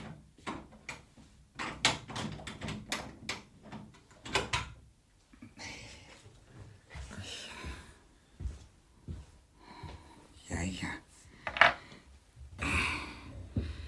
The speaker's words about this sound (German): Aber bitte, wenn es Ihnen nicht sicher genug ist, dann schließe ich am besten die Tür zu.